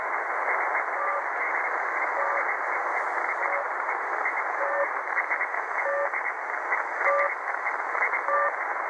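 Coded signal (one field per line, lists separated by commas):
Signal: channel marker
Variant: The Droplet (Капля)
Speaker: Дневная частота 5448. Это у нас Капля.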